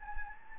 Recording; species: mosquito wingbeat signal from an infrared sensor; Anopheles gambiae